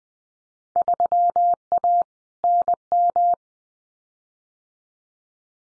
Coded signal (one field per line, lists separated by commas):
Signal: Morse code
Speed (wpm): 20 wpm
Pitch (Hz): 700 Hz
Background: none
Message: 3A NM